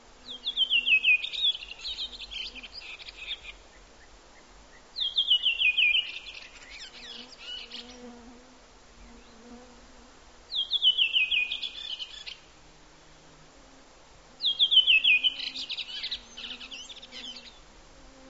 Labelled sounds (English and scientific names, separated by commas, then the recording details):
Redwing (Turdus iliacus) song
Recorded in the wild
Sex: male
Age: adult
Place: Halbinsel Kindo, Karelien, RU
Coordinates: 66.5472, 33.1189
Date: 1995-06-20 23:48
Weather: fair, 15°C
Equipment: Sony TCD-D3, Sennheiser MKH 70, Windkorb
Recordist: Frommolt, Karl-Heinz